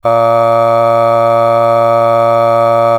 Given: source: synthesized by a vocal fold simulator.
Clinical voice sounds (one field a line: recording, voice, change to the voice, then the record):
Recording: sustained vowel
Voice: male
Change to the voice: aspiration noise (breathiness), level 6 of 10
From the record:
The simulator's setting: 1.07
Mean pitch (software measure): 115 Hz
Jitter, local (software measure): 0.34%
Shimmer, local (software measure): 3.1%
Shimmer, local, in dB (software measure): 0.27 dB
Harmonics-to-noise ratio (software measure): 22.3 dB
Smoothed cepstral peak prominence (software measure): 18.4 dB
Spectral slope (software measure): -17.2 dB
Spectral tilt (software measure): -9.0 dB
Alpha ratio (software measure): -7.7 dB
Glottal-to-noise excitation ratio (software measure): 0.979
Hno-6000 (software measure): 2.3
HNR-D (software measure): 22.8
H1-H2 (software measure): 4.9 dB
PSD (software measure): 2.9e-05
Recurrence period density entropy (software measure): 0.106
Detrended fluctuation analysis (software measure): 0.0544